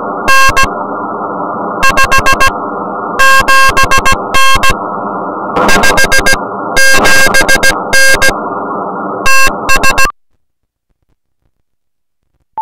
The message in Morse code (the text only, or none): N 57N 57N TS